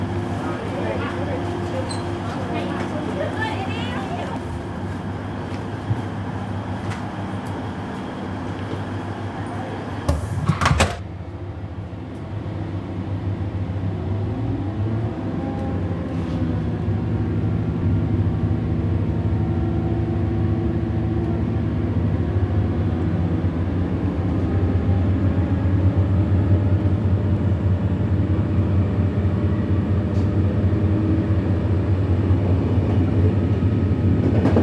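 A train rattles along on an evening ride, a steady low rumble and hum filling the compartment throughout. Just before eleven seconds a short sharp clatter cuts through, then the rolling noise settles back and grows slightly louder and rougher toward the end.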